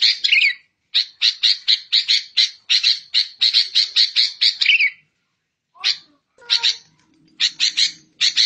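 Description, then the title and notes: Bird song of harsh, buzzy chattering notes in a rapid series with a couple of whistled slurs, then sparser notes after a pause. Masteran recording: bird song used for training caged songbirds. "MASTERAN BURUNG. suarane manok"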